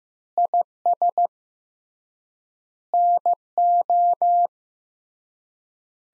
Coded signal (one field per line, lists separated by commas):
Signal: Morse code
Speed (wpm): 15 wpm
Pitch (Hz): 700 Hz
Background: none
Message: IS NO